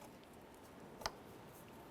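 A wiring harness electrical connector is pushed onto the mass airflow sensor of a 2005–2010 Chevy Cobalt. A single sharp click is heard at 1.1 s over a quiet background, and the connector is seated.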